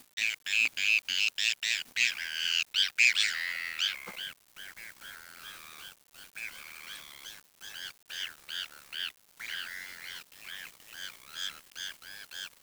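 Birds giving a rapid series of harsh squawking calls with brief breaks throughout.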